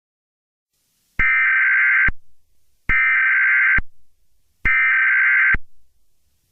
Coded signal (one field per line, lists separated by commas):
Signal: Emergency Alert System (SAME) tones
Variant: header bursts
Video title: The Dark Forest Brightens - An Alien EAS Scenario